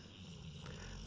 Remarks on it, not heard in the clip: If you hear a dog snoring in the background... That's our dog, Wyatt. It's very quiet, but sometimes it really does get loud, and it sounds like a human. Literally snoring right next to me.